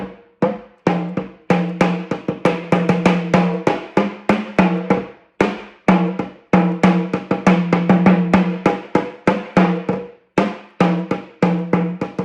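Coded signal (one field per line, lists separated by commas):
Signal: talking drum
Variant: Yoruba sakara drum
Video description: Playing "Afomọ o le fo ibẹpẹ" with the Yoruba Orunsha Sakara talking drum by Jammal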